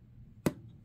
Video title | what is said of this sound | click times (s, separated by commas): Flashforge Adventurer 5M Touch Screen Cable Connector | till you hear it snap it's a little harder to push down on the latch than it is to | 0.5 s